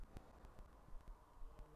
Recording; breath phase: one breath near a microphone; inhalation